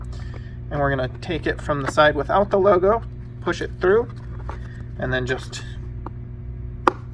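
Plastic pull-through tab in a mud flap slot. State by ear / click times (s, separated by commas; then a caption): seated / 6.9 s. A plastic pull-through tab on a Rokblokz mud flap kit for a 2022+ Subaru WRX is pushed through the bottom slot of the mud flap from the side without the logo while someone talks. The tab is then pulled until it clicks into place at 6.9 s with one sharp, loud, fast-dying snap, seating the tab.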